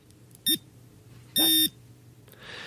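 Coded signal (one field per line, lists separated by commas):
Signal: beep code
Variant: watch for blind users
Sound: one short buzzy beep, a pause, then one longer buzzy beep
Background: quiet room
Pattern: 1 short, 1 long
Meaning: The hour is 14: a short beep counts ten, a long beep counts four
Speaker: So that's one short beep and one longer beep.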